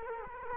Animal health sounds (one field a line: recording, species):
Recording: mosquito wingbeat signal from an infrared sensor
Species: Culex quinquefasciatus